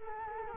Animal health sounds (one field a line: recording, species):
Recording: mosquito wingbeat signal from an infrared sensor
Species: Culex quinquefasciatus